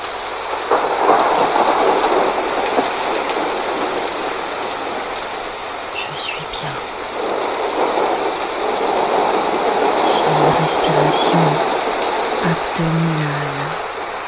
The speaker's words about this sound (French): Je me concentre sur la pluie et sur l'orage qui s'approche au-dessus de moi. Je me concentre sur la pluie.